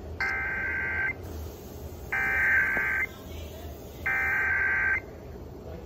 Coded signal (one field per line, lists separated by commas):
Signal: Emergency Alert System (SAME) tones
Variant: header bursts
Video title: [EAS #3061-#3062] Los Angeles RMT (7/30/24)